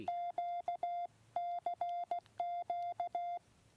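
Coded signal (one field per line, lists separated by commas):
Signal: Morse code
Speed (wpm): 16 wpm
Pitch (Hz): 700 Hz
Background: none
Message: QCQ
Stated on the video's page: Test QRP operation in the woods using the YouKits HB-1B rig.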